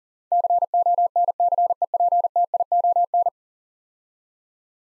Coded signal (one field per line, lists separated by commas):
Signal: Morse code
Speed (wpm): 40 wpm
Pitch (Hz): 700 Hz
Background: none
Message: CONCEPTION